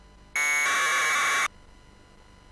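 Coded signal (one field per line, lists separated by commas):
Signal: packet radio (AX.25, as in APRS)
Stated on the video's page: 2m-band APRS packets received by a DRA818 transceiver with an Arduino Pro-Mini providing raw data.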